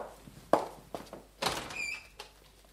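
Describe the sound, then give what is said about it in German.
A door being unlocked and opened: a sharp metallic clack, a softer click, then a heavier thunk of the latch followed by a brief high squeak, with no voices. “Du machst die Tür nicht auf”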